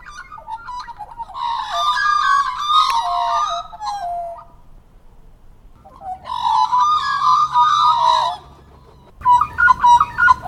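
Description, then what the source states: Magpie giving rich, gurgling harmonic calls in two long phrases, then a short burst of sharper notes at the end. Recorded with a Zoom recorder.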